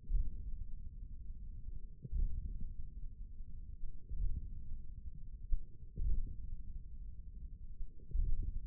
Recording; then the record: forearm muscle sounds (acoustic myography)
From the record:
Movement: radial deviation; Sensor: system 1, eight BSWA MPA416 microphones around the upper forearm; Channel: 1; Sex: male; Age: 41 years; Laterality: right